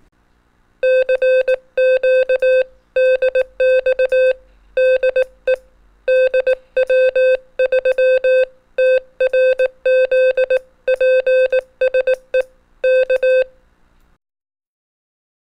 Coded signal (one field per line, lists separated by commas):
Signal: Morse code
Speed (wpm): 18 wpm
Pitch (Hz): 520 Hz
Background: none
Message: CQ DX DE DW3TRZ PSE K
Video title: 5-min Basic Introduction to the HF Bands for Technician Class & Up (Taglish)